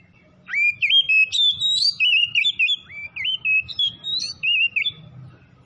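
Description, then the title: Oriental magpie-robin pouring out a long, continuous stream of sweet whistles, slurred upsweeps and short chirps for nearly five seconds. Called by the Indonesian name kacer; described as gacor, in full vigorous song; Tretes named alongside. "Kacer Tretes Gacor"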